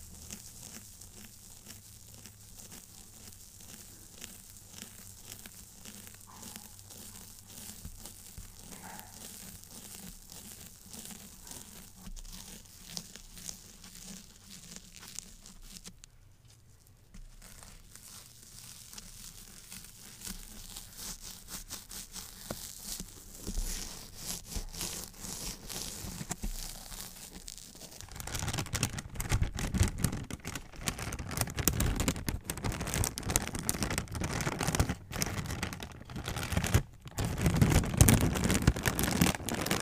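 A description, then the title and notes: Plastic crinkling and rustling fills the clip, soft for the first half with a brief near-silent gap around sixteen seconds. After about twenty-eight seconds the handling grows louder and rougher, with dense crackling and sharper snaps through to the end. Crinkle sounds (plastic, bubble wrap, no talking).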